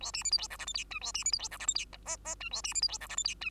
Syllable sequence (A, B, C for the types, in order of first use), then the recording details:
A B C D E F G H I J A B C D E F G H I K K J A B C D E F G H I J. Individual Bird2